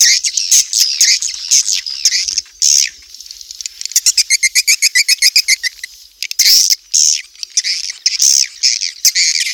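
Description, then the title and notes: Swiftlet twittering: busy high chatter with a fast clicking run midway, then loud chirps resume. Sound used for swiftlet farming in Asia. "Swiflet Bird Sound. Farming Swiflet Bird asia sound"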